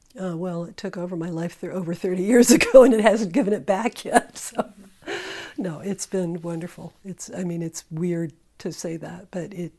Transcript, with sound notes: Well, it took over my life over thirty years ago and it hasn't given it back yet! [laughter] No, it's been wonderful. I mean, it's weird to say that, but it,